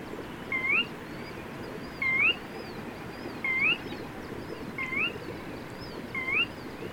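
Bird singing a bright upslurred whistle, roughly every one and a half seconds, over soft higher twitters and constant low rumble.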